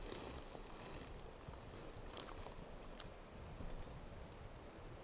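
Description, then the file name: Brachycephalus toadlet: tight, very high clicky notes, some paired, recurring throughout, with a soft sliding whistle in the middle and quiet background. Two individuals (4 and 5) of an unidentified Brachycephalus species recorded at Corcovado; the first two notes of the call are missing. "Brachycephalus sp ind 4 ind 5 Corcovado two starting notes lost"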